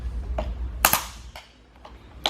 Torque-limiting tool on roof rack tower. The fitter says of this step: And then you'll hear another three clicks that this side is fully tensioned to specifications.